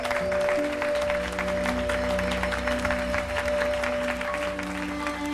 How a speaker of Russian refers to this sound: студенты аплодируют.